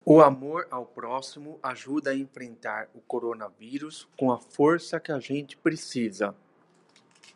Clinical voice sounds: spoken sentence; Brazilian Portuguese; male; 40 to 49 years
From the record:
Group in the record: control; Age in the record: 41 years

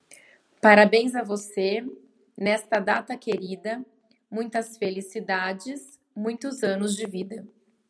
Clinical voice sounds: short text; Brazilian Portuguese; female; 40 to 49 years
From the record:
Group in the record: control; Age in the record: 40 years

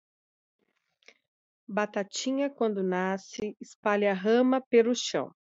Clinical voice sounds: short text; Brazilian Portuguese; female; 40 to 49 years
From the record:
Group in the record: control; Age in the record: 44 years

